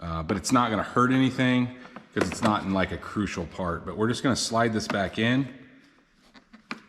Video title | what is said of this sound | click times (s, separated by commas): How To Replace Headlights Cadillac SRX | and then it should you can hear it snap into place | 6.7 s